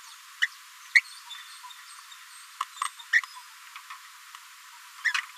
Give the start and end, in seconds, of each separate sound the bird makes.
0.41-0.47, 0.94-1.01, 2.60-2.64, 2.81-2.88, 3.75-3.78, 3.90-3.94, 5.04-5.25